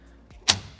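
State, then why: Seated. A foldable bicycle pedal body is swung open on its hinge at the pedal axle: a faint tap at 0.3 s, then a sharp, bright snap at 0.5 s as it locks into its open position. The pedal is firmly latched and solid enough to take real pressure.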